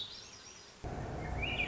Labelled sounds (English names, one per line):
Swainson's Thrush